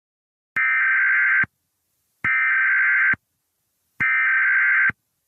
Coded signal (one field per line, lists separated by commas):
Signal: Emergency Alert System (SAME) tones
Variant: header bursts